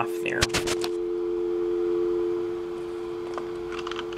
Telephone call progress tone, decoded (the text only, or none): dial tone